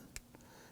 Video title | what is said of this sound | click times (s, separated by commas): How to Replace Ignition Switch 2015-2020 Ford F-150 | And you're going to feel it click and lock into place. | 0.2 s